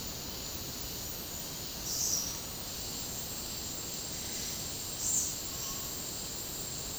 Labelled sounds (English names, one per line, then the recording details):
none
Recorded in dense forest near Puerto Asís, Putumayo, Colombia, on 19 February 2024 at 09:00
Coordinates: 0.503, -76.322
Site G6418